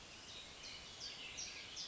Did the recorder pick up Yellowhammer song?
no